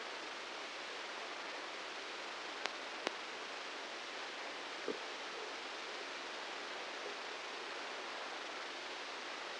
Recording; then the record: brain microelectrode recording played as sound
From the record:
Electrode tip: outside the subthalamic nucleus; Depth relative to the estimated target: -4 mm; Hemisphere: right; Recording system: NeuroSet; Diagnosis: Parkinson's disease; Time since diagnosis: 19 years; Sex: female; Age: 69 years